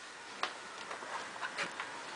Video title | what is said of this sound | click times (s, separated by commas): How To Install Memory Into A Laptop For Beginners! | going to go ahead and lock the battery back in place by hitting the lock button | 0.4 s